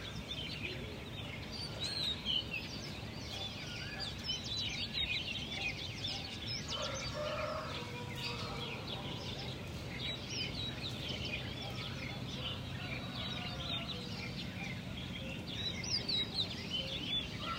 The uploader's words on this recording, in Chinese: 这段声音来自于4月23日的早晨。Kidd发来大理清晨的声音。听到陆续传出来的鸟叫声，一只，两只，三只，有的叽叽喳喳，有的布谷布谷。都是用简单的设备录制而成，没有经过太多修饰。